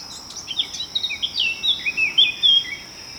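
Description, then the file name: Eurasian blackcap warbling a quick run of varied high twittering notes over a steady, high insect drone. "Sylvia atricapilla"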